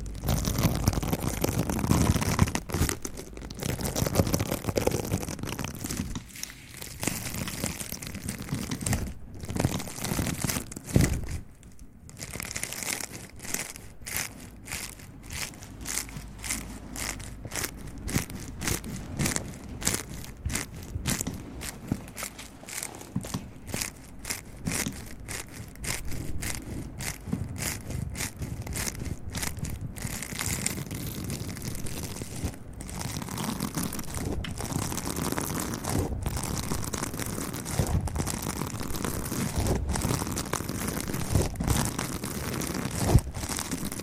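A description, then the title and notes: Mouth sounds and handling noise on a microphone: rubbing, gripping and muffled pumping fill the low end continuously, broken by frequent sharp taps and clicks, densest between about 12 and 32 seconds. The texture is crinkly and crunchy. ASMR mouth sounds + mic pumping, swirling, tapping, and gripping.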